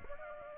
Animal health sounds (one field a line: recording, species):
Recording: mosquito wingbeat signal from an infrared sensor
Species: Aedes aegypti